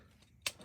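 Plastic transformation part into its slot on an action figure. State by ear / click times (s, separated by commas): seated / 0.5 s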